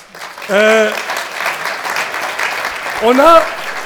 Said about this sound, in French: Et donc, ce matin, avec nos amis de Gand, applaudissements pour eux.